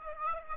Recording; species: mosquito wingbeat signal from an infrared sensor; Aedes aegypti